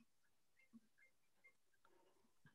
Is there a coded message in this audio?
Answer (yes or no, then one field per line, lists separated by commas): no